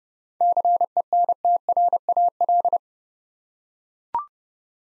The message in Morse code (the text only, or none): CENTRAL